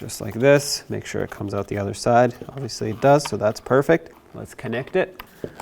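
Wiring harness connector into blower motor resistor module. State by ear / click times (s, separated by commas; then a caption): not seated / none. Someone talks while handling the wiring harness connector for a new blower motor resistor module on a 2001-2007 Volvo V70, getting ready to connect it after the module has been pressed into its housing. Nothing has seated or clicked yet; the clip ends just before the connector goes home.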